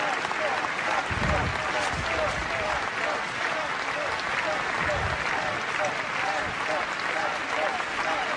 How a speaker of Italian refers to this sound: Se non sento male, tra le grida che crescono nella folla c'è santo, santo. Qualcuno già vuole santo Giovanni Paolo II.